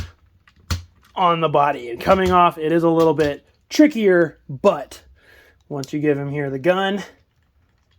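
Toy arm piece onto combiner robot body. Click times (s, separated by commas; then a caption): 0.7 s. Plastic arm pieces of a Transformers Legacy Menasor combiner toy are slid down over the former Motormaster foot section and click onto the leg with a sharp snap at 0.7 s, showing the piece is secure. Someone then talks.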